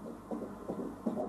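Fetal heartbeat heard by Doppler ultrasound during a first official ultrasound examination, played by a gynecologist: rapid, rhythmic whooshing pulses.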